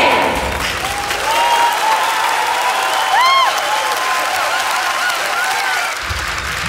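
A crowd claps steadily and loudly for the cast and ensemble of a performance, a dense wash of applause with cheering and whoops rising above it, lasting the whole stretch before easing slightly at the end.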